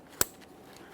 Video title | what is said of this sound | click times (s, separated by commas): How to Replace Rear Parking Sensors 2013-2020 Ford Fusion | for this we're just going to align it we'll press it in listen for a click from the Locking tab | 0.2 s